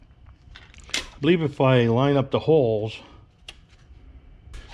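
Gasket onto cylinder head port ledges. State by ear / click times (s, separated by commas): seated / 0.9 s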